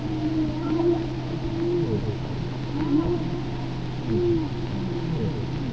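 Whale calls: drawn-out tonal moans and short upswept whistles recurring every second or so over a steady low mechanical hum.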